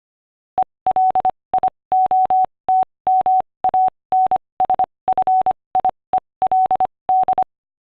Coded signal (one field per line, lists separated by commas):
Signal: Morse code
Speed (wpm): 25 wpm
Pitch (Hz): 750 Hz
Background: none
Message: ELIOTMANSFIELD